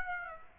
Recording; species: mosquito wingbeat signal from an infrared sensor; Aedes aegypti